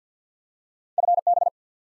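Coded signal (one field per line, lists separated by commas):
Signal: Morse code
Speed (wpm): 50 wpm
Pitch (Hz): 700 Hz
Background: none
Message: FB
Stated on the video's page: Morse practice drill of common QSO elements at 50 wpm; each element sent in Morse, spoken, then sent again.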